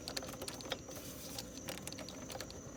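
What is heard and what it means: A charge pipe with an o-ring on a BMW N55 engine (535i, 640i, 740i) is pushed upward onto the throttle body inlet with force, making soft plastic handling and rubbing noises with a few sharp ticks near 0.1, 0.2 and 0.7 seconds. Nothing has seated or clicked home yet; the pipe is still not fully on the throttle body.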